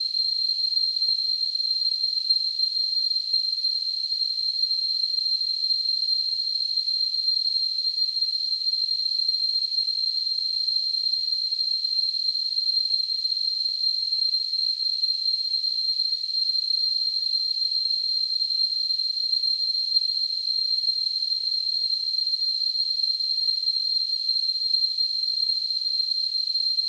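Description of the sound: A steady, high-pitched whistling tone with a soft hiss around it runs unbroken and unchanging for about 27 seconds. It is a simulation of tinnitus, the ringing or hissing heard in the ears without any outside sound.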